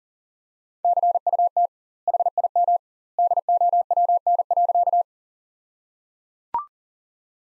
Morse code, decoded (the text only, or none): CUT HIM DOWN.